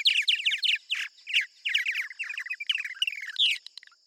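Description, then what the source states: Purple Martin calls: busy, gurgling chatter of quick chirps and creaky notes in several bursts with short gaps. Cold snaps and heat waves make purple martins less successful in raising their young.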